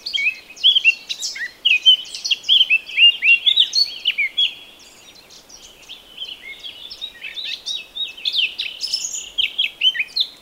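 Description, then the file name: Eurasian blackcap song: a quick twittering warble with loud fluty notes, a brief quieter spell, then another rambling phrase. "Sylvia atricapilla"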